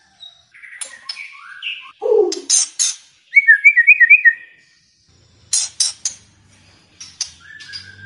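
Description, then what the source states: White-rumped shama song: varied whistled phrases, a low slurred note, sharp clicky bursts, then a rippling trill and more bright whistles with short pauses between. Lure sound meant to make a white-rumped shama respond and sing vigorously ('gacor').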